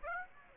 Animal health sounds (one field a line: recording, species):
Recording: mosquito wingbeat signal from an infrared sensor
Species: Aedes aegypti